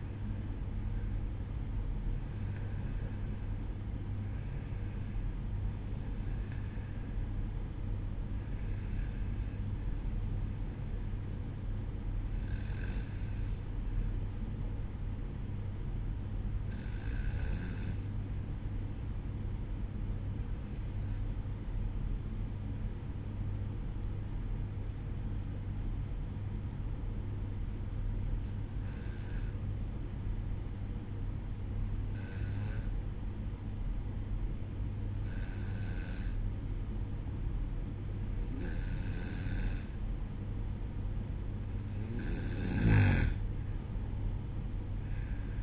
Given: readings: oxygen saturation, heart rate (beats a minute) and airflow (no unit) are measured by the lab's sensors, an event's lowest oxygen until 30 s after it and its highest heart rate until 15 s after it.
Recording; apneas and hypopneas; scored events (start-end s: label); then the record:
breathing in sleep by a smartphone at the bedside; 1
22.00-36.90 s: obstructive apnea (N1, oxygen 96% highest, then 93% lowest, heart rate 62 at the start, 67 highest)
From the record:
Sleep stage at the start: N1 (lightest sleep); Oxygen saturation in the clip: 92 to 96%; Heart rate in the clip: 61 to 68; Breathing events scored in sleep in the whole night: 305 in 9.6 hours asleep